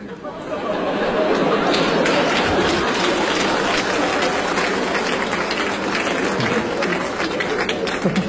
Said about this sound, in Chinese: 就你们为什么鼓掌？我没明白什么意思、啊。